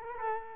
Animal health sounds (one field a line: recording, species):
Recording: mosquito wingbeat signal from an infrared sensor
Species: Culex quinquefasciatus